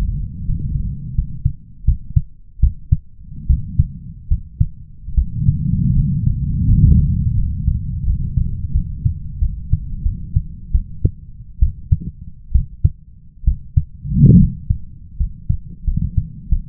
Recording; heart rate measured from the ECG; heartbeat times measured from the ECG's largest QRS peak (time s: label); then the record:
heart sounds by stethoscope; 79 bpm
0.45 s: heartbeat
1.15 s: heartbeat
1.85 s: heartbeat
2.60 s: heartbeat
3.47 s: heartbeat
4.28 s: heartbeat
5.14 s: heartbeat
5.93 s: heartbeat
6.65 s: heartbeat
7.34 s: heartbeat
8.04 s: heartbeat
8.72 s: heartbeat
9.39 s: heartbeat
10.03 s: heartbeat
10.72 s: heartbeat
11.60 s: heartbeat
12.52 s: heartbeat
13.45 s: heartbeat
14.39 s: heartbeat
15.17 s: heartbeat
15.85 s: heartbeat
16.49 s: heartbeat
From the record:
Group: healthy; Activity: rest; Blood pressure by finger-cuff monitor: 120/82 mmHg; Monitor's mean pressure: 94 mmHg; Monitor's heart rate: 84 bpm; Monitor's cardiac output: 5.8 L/min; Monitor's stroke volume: 71 mL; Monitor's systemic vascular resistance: 1230 dyn s/cm5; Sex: male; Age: 21 years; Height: 170 cm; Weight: 71 kg